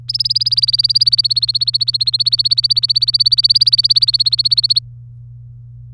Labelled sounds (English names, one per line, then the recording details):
Domestic Canary song
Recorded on 23 April 2018 at 17:51
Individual llb3